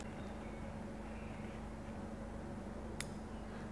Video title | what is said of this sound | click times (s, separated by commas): Screw Gauge Measurement--A Step-by-Step Tutorial--Volume of Sphere--Uncertainty in results | अच्छा टक की आवाज आई मैंने इसको उधर स्टॉप कर लिया मुझे जो नजर आ रहा है इस मेन स्केल पर | 3.0 s